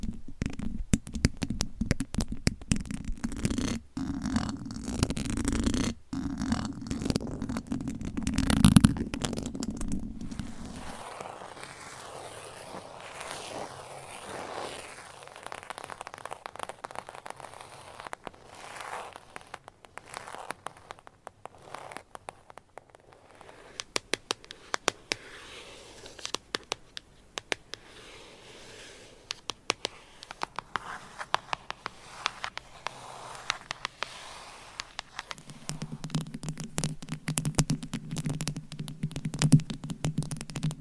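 Gentle tapping and scratching made up of dense, irregular clicks and soft scraping that runs throughout. A low, steady hum sits under the first ten seconds, drops away, then returns near the end, and the strokes are busiest early and sparser in the middle.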